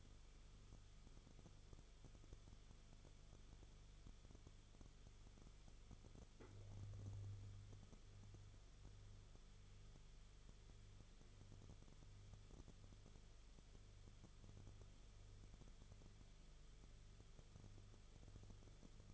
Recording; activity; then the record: daily activity, microphone in the room; no activity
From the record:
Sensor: 4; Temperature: 22.9 degrees Celsius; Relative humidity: 34.4%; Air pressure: 1011.5 hPa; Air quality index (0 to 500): 193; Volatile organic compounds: 13 ppm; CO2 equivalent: 2388 ppm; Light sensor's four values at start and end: 2/3/1/1 and 2/3/1/1